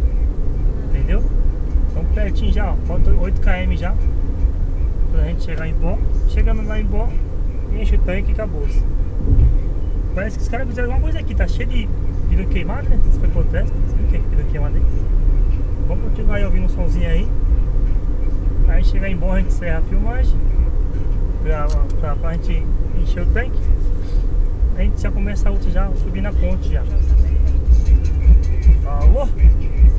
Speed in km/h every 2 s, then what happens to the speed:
80, 83, 83, 81, 82, 83, 88, 90, 91, 91, 90, 87, 84, 83, 81.
0-10 steady at about 82. 10-16 speeds up to 91. 16-30 slows to 81.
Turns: none.